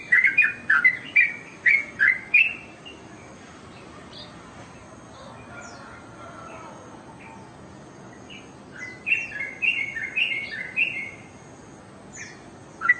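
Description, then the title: Oriental magpie-robin singing brisk whistled phrases, then a pause of several seconds with only faint sounds and hiss, then another burst of rich chirping notes near the end. "Kicau Kacer"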